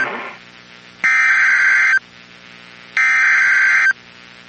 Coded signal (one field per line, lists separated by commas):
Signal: Emergency Alert System (SAME) tones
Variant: header bursts